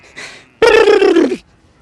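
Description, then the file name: Sheep bleating once, a single wavering, nasal baa held for almost a second after a soft breathy sound. "koyun"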